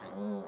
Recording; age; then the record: pig call; piglet (1 to 25 days)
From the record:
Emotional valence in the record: negative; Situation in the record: short isolation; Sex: female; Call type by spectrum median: low-frequency call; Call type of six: low-frequency stable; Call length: 0.47 s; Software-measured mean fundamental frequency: 64 Hz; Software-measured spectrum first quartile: 206 Hz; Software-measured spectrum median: 338 Hz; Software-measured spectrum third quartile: 602 Hz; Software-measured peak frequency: 207 Hz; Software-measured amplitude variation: 70 dB a second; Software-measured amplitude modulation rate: 9.5 a second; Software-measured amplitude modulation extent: 7.4 dB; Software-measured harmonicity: 3.6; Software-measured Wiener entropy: -0.05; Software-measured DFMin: 1018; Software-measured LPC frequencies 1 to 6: 397, 3554, 4447, 5438, 6655, 7719 Hz